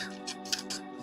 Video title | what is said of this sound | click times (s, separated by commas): Gundam Build Divers #004 - MomoKapool [1/144 HG Bandai] #LetsBuild #liveBuild #Gunpla | and then you push those in a little bit there you go and then it locks | 0.5 s